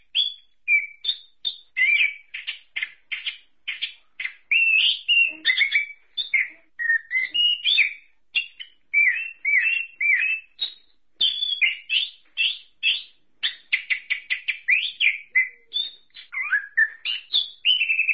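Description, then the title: Thrush giving a long, continuous, fast song of mixed chirps, trills and swooping whistles, phrases tumbling one after another without long breaks. "burung anis x"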